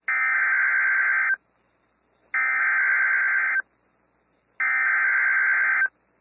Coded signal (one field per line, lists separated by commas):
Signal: Emergency Alert System (SAME) tones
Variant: header bursts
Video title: Severe Thunderstorm Warning (EAS 246)